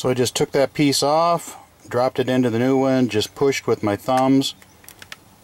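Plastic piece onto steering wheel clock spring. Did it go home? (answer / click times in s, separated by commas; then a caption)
yes / 4.9 s, 5.0 s, 5.1 s. On a 2010 Toyota Highlander, a plastic piece taken off the old steering-wheel clock spring is dropped into the new clock spring and pushed on with both thumbs to fix the horn. Someone talks for most of the clip. Then short clicks at 4.9, 5.0 and 5.1 seconds mark the piece clicking in on both sides, seated and ready for reassembly.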